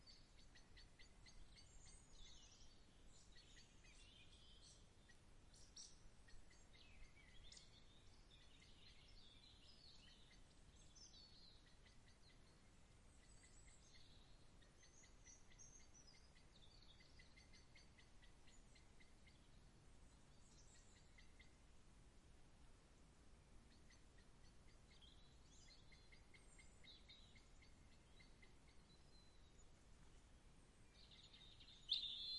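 Birds chirp and trill in quick, high bursts over a steady soft hiss, busiest in the first twenty seconds, with a sharp click at the end.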